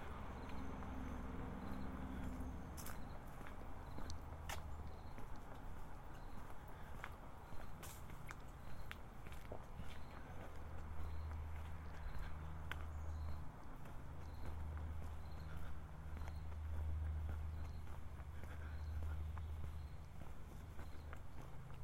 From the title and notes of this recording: A binaural field recording of walking around south Boulder, CO in the summer of 2015.